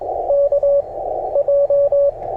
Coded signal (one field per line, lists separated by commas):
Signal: Morse code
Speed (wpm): 17 wpm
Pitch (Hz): 550 Hz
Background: none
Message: K J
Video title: Sharing CW POTA with a friend! #parksontheair #hamradio